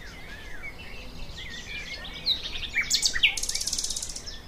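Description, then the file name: Thrush nightingale song that builds from soft whistled notes into loud sharp notes, ending in a harsh, rapid rattling trill. "Sprosser"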